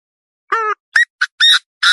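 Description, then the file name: Partridge calls in a rhythmic run: a drawn-out nasal note, a sharp chip, a brief note, then rough grating squawks, with no background noise. "Tieng ga go"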